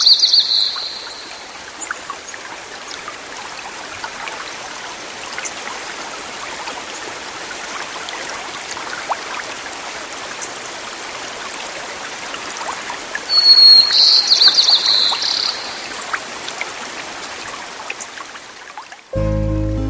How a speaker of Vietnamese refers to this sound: Trong khu rừng nọ, cây cối xanh tươi, suối reo róc rách, có rất nhiều loài thú cùng sinh sống.